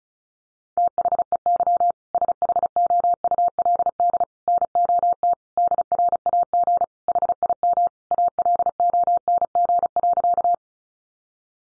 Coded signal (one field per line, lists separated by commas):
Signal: Morse code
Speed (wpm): 34 wpm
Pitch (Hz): 700 Hz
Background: none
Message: THEY SHOULD NOT DRAG HIM ALONG.